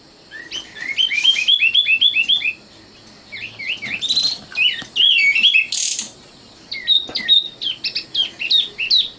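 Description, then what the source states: Oriental magpie-robin singing rising, swooping whistles in quick succession, mixed with a harsh burst and sharp chips, pausing briefly between phrases. Kacer song.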